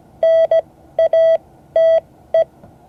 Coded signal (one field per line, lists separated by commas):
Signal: Morse code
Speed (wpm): 17 wpm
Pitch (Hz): 660 Hz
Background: none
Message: NATE